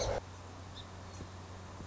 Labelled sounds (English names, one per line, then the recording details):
Song Sparrow
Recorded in Sonoma County, California